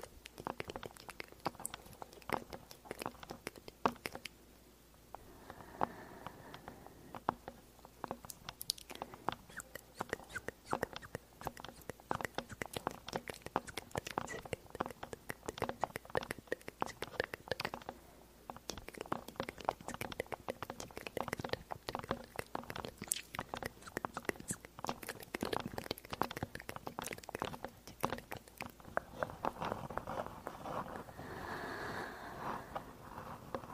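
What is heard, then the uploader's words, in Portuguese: Mouth sounds and tapping: dense, irregular clicks and taps run almost the whole way through, with wet smacking textures in between. Around 5–7 seconds and again near 29–33 seconds a softer, breathy hiss swells beneath the tapping. ASMR usando o microfone TASCAM, fazendo sons de boca e tapping na sensibilidade máxima.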